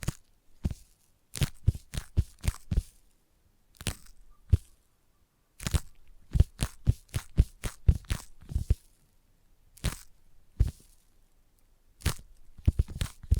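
Sticky tapping made of sharp, crackling clicks that come in quick bursts of four to six, separated by short gaps. Each tap is bright and snappy with a faint tacky release. Clusters fall near 1.5, 5.5–8.5 and 12–13 seconds, with quiet between.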